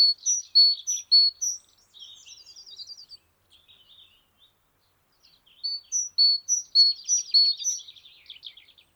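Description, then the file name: Great tit song: quick high thin notes alternating between two pitches, mixed with buzzy rattling chatter, a quiet pause of about two seconds, then the pattern resumes. "Parus major"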